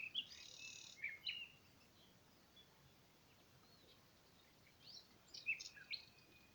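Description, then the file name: Common nightingale song: a rich phrase of rapid repeated notes, then a pause, then more varied chirps and whistled notes near the end. "Luscinia megarhynchos"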